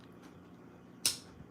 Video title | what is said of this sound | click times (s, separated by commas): Knife Shenangans | man that snap into place | 1.1 s